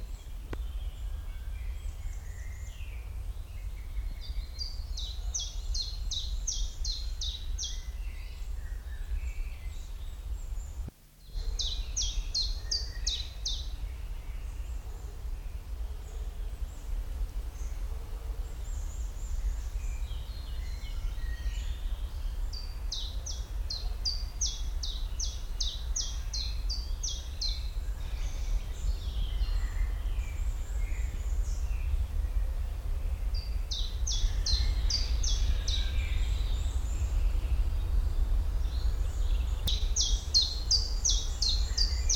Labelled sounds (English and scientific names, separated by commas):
Common Chiffchaff (Phylloscopus collybita)